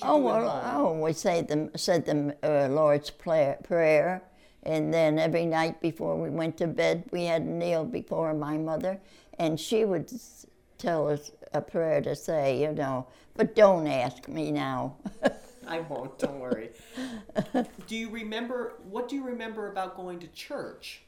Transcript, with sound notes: Oh, well, I always said the --um — said the — um-- said the — um--- Lord's Pray--Prayer and then every night before we went to bed, we had to kneel before my mother and she would tell us a prayer to say, you know. But don't ask me now. (chuckles)
I won't. Don't worry. Do you remember — what do you remember about going to church?